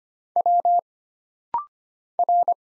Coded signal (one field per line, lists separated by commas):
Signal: Morse code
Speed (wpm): 25 wpm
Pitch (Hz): 700 Hz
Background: none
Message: W R